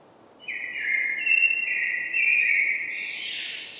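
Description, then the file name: Common blackbird song: a mellow, fluted warble ending in a thin, high squeaky twitter. "Turdus merula"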